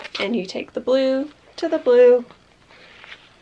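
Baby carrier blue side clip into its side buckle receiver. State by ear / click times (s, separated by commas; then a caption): seated / 3.0 s. Someone talks while the blue plastic side clip of a BabyBjörn Mini baby carrier is pushed down into its matching blue side buckle receiver. A short, sharp click is heard at 3.0 s, and the clip seats.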